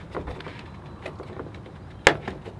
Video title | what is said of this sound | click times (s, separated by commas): THUNDERSHOT-New Packaging still goes BOOM | there you go you can hear it pop open there | 2.1 s